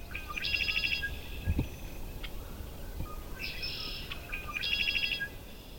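Red-winged blackbird song, a bright trilled phrase given twice with short clicks and chips between, over steady low background rumble.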